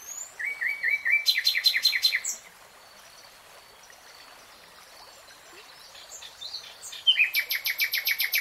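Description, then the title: Nightingale song: rapid repeated chattering phrases, a pause with faint background, then another fast burst of loud repeated notes. Nightingale singing in real time. "[Tiếng chim hót] Nightingale Singing"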